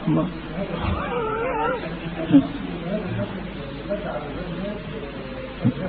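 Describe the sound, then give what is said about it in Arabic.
A person imitates a dog's frightened whimpering, like a dog that has been hit and runs off, with a few high, wavering, whiny vocal tones, fairly soft and short, followed by quieter murmuring. “ما تسمعش الكلب كده لما تضربه يصوصو كده ويجري؟”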